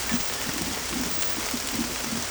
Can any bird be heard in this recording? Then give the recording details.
no. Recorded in secondary vegetation near Puerto Asís, Putumayo, Colombia, on 18 December 2024 at 23:30. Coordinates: 0.468, -76.324. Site G095